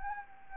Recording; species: mosquito wingbeat signal from an infrared sensor; Anopheles gambiae